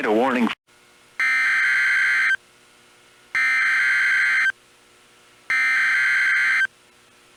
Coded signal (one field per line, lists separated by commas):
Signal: Emergency Alert System (SAME) tones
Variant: header bursts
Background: speech